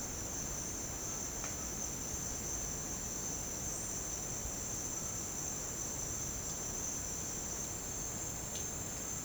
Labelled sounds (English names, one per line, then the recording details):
unidentified bird
White-throated Toucan
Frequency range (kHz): unidentified bird 0.7-9.9 kHz; White-throated Toucan 0.6-2.4 kHz
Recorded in dense forest near Puerto Asís, Putumayo, Colombia, on 22 June 2025 at 08:30
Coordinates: 0.486, -76.317
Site G065